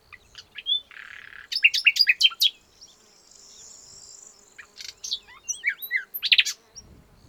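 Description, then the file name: Common nightingale singing varied phrases: a brief buzzy note, rapid clicking chips, a long thin whistle, then twisting slurred notes and sharp chirps. "Luscinia megarhynchos"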